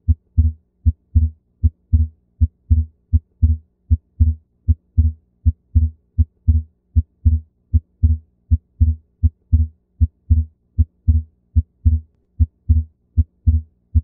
Split S2 Heart Sound. Normally, A2 occurs just before P2, and the combination of these sounds &nbsp;make up S2. A physiologic split S2 occurs when the A2 sound precedes P2 &nbsp;by a great enough distance to allow both sounds to be heard separately.